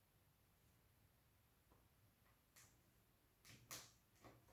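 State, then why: Seated. Landing-gear mount part no. 32 of an electric mini RC trainer airplane kit is pushed into its cut slot in the fuselage, with a few faint taps and rustles beforehand. A single sharp hit at 3.7 s marks the part seating snugly into place, followed by a softer knock near 4.3 s.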